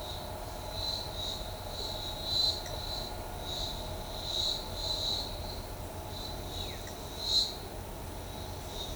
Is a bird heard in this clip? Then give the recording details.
no. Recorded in shrubland near Pivijay, Magdalena, Colombia, on 15 April 2023 at 14:30. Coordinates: 10.453, -74.365. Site P5-G022